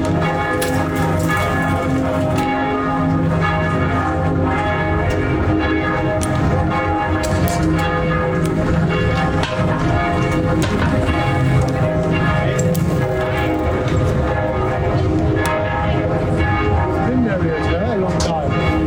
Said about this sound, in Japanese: 次はブリュッセルの鐘の音です。しました。夜9時の鐘の音が響いています。